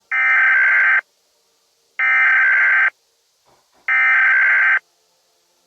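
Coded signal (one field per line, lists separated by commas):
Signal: Emergency Alert System (SAME) tones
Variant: header bursts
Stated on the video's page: Animated EAS alarm remake, not a real broadcast.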